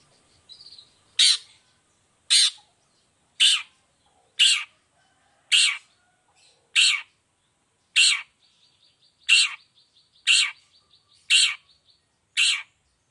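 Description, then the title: Long-tailed shrike giving loud harsh scratchy notes, repeated roughly once a second and evenly spaced, with faint softer chatter between them. Long-tailed shrike in full song during the morning, with a varied repertoire including 'toet toet' notes and a clear voice. "Cendet Gacor Dor Di Kala Pagi Toet Toet Variasi Suara. Cendet Gacor Suara Jernih Full Variasi"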